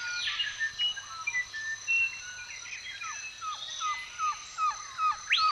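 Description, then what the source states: Birds chirping in a thick chorus: varied high twitters and whistles, then a regular series of short falling notes in quick succession. Recorded in a forest.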